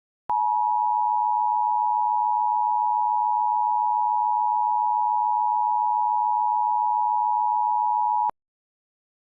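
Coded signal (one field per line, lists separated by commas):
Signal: Emergency Alert System (SAME) tones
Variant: 853 and 960 Hz attention tone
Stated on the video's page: Fictional mock tornado warning using American EAS tones, set outside America.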